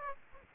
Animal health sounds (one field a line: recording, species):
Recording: mosquito wingbeat signal from an infrared sensor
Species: Aedes aegypti